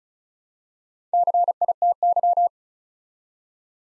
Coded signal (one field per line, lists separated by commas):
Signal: Morse code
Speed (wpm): 36 wpm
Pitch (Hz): 700 Hz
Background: none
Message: CITY